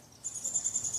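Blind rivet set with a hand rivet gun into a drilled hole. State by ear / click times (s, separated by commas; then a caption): not seated / none. A hand rivet gun is squeezed on the shank of a blind (pop) rivet sitting in a drilled hole, pulling the shank's ball toward the rivet to expand it. From about 0.2 s a thin, pulsing high-pitched squeak rises over faint low rumble, with a brief sharp spike at 0.8 s. The shank has not snapped and nothing has seated yet.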